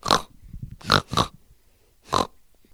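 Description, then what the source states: Wild boar snorts: four short, harsh, breathy bursts, two close together in the middle, separated by quiet pauses. Played back as a sound riddle.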